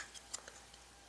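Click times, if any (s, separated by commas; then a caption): none. A plastic detail piece is lined up with the holes on the back cover of a Fanhome R2-D2 model and handled into position, giving a couple of small sharp ticks near 0.4 s and 0.5 s over quiet background. Nothing has seated or clicked into place yet.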